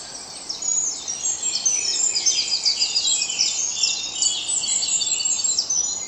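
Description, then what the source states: Many birds singing at once at dawn, a thick layer of high, rapid twittering and trills that swells after the first second. Dawn chorus at dawn.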